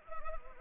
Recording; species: mosquito wingbeat signal from an infrared sensor; Anopheles arabiensis